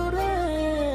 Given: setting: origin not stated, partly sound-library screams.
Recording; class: one-second piece from a danger detection set; normal situation